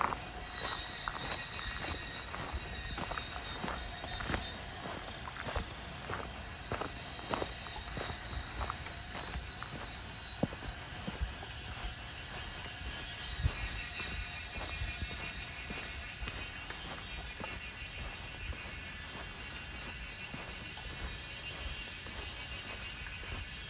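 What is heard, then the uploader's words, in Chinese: A summer morning on the Erziping trail on Yangmingshan, filled with a dense, steady, high-pitched buzz like cicadas that holds for the whole clip. Short clicks and taps come every second or so, with faint chirping tones layered in the middle range. 夏天早晨的陽明山二子坪步道。除了碎石步道外，一旁還鋪有無障礙的水泥路。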